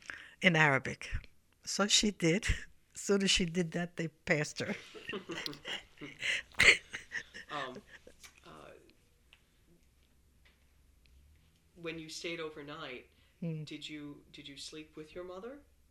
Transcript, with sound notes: in Arabic." So she did. As soon as she did that, they passed her. ( they laugh )
When you stayed overnight, did you sleep with your mother.